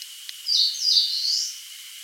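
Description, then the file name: Eastern crowned warbler phrase: three slurred notes, the last longer and rising, delivered in about one second against a faint steady high drone. "Phylloscopus coronatus"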